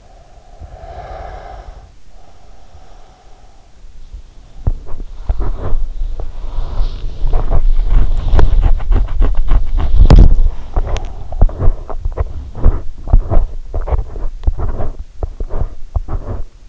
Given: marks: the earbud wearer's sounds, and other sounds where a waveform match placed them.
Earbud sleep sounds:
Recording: sounds in sleep by an in-ear microphone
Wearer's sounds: breath, body movement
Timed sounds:
0.20-3.63 s: breath
4.50-16.68 s: body movement

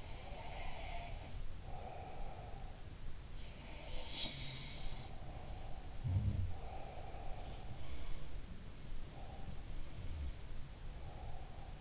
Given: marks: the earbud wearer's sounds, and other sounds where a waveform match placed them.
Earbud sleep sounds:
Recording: sounds in sleep by an in-ear microphone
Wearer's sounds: breath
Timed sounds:
0.00-2.76 s: breath
3.51-7.93 s: sound from someone else or the room
4.74-7.93 s: breath
9.07-11.81 s: breath

